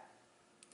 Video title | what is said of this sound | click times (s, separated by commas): AnyRidge Prosthetic Kit Overview | like so you can hear the click click click now what's different about this right there | 0.6 s, 0.7 s